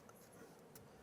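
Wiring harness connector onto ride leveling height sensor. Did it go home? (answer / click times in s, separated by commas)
yes / 0.8 s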